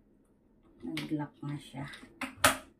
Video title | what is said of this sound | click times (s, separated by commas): Nag Ayos ako ng toilet seat cover/ofw life | yun tumunog na Min lock na yon | 2.2 s, 2.5 s